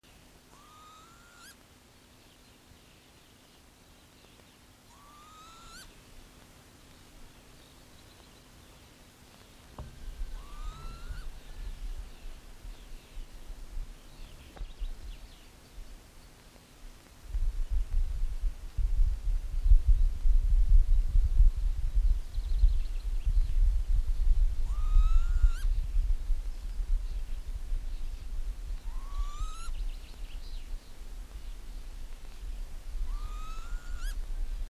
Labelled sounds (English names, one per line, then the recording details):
Northern Lapwing call
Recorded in the wild
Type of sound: call
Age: adult
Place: Schloß Holte-Stukenbrock, Senne, Nordrhein-Westfalen, DE
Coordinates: 51.8667, 8.66667
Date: 1966
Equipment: Uher 4000 Report-S, Bändchenmikro Beyer M 260, Parabolspiegel Polyester (470 mm)
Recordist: Conrads, Klaus
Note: Furlbach-Gebiet. Band Co 8A: Laute. Keine genaue Ortsangabe, keine genaue Datumsangabe: Mai/Juni 1966